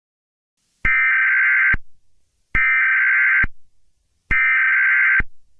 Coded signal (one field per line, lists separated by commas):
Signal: Emergency Alert System (SAME) tones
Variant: header bursts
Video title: EAS Scenario 9: Night of the Living Pharmacist